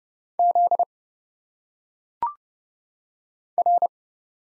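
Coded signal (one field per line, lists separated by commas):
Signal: Morse code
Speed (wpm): 29 wpm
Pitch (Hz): 700 Hz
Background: none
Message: Z R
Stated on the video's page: Morse practice of single letters at 30 wpm, each sent, spoken with phonetic pronunciation, then sent again.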